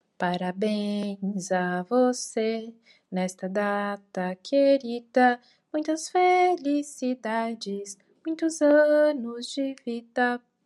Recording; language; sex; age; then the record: short text; Brazilian Portuguese; female; 20 to 29 years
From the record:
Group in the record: control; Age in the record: 27 years